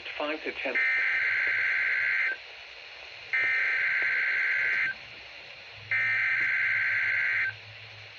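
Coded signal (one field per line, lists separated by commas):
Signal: Emergency Alert System (SAME) tones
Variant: header bursts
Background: speech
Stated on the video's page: Required weekly test on NOAA Weather Radio.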